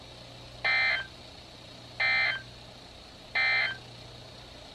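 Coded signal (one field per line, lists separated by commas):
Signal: Emergency Alert System (SAME) tones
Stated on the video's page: Marine warnings received on weather radios.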